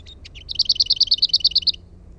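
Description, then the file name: Lesser whitethroat singing: brief scratchy intro notes lead into a fast, level rattle of around twelve identical dry notes, ending abruptly. "HERNEKERTTU"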